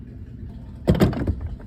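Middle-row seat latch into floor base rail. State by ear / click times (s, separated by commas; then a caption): not seated / none. The removable middle-row seat of a 2011-2020 Toyota Sienna minivan is handled over its floor base rail, with its alignment lines being brought in line with the base so its metal latch can be pushed in. After a quiet low rumble, a short burst of knocking and clattering handling noise comes at about 0.9, 1.1 and 1.3 seconds. Nothing has seated or clicked yet.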